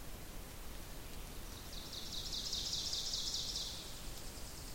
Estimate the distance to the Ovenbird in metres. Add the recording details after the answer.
about 70 m. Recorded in boreal forest in Alberta, Canada, on 2 June 2016 at 06:14. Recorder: SongMeter 3, array SBT-3-7. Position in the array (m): 193 m, 3 m. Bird 6